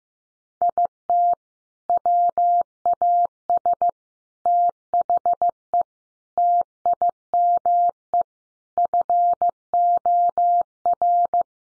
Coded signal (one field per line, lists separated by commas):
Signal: Morse code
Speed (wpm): 15 wpm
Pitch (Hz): 700 Hz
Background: none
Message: IT WAS THE TIME FOR